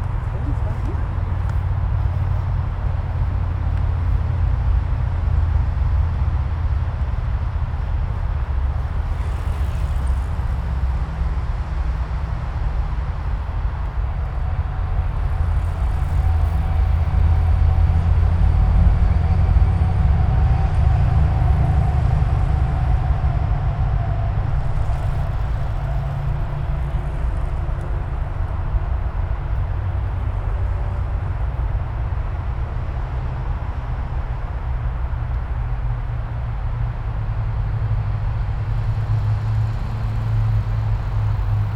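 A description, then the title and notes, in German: A steady, dense roar of highway traffic close by fills the bike path, heavy in the low end. Around the middle it swells as louder vehicles pass, with a faint whining tone above the rumble. A few brief brighter rustles, like breeze or passing movement, cut through. A Spring day on the bike path on the edge of the Grunewald. Enveloped in the ever-present hum of the Autobahn a few meters away, families and athletes enjoy the freedom of the wide path without cars, the breeze by their ears and the apparent nature around them. Auf dem Fahrrad den Grunewald entlang an einem Frühlingstag.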